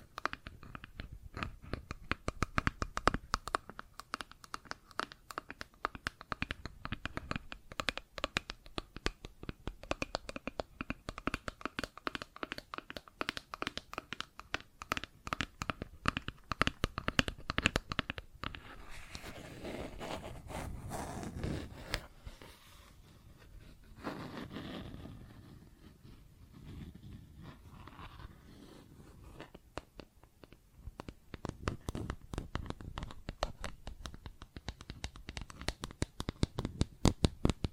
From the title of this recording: Plastic Objects Tapping and Scratching